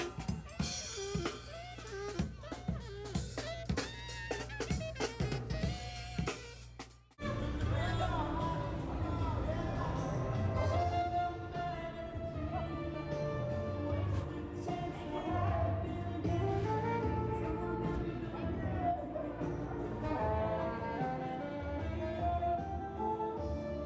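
A busy, choppy stretch of clattering bursts and tones runs for about seven seconds, possibly with voices, then cuts abruptly. A saxophone solo follows, with held and gliding notes over a steady low backing, staying at an even loudness to the end.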